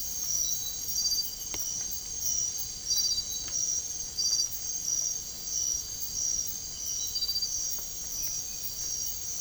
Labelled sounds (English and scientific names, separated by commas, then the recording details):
none
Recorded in secondary vegetation near Puerto Asís, Putumayo, Colombia, on 24 March 2025 at 02:00
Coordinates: 0.489, -76.322
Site G042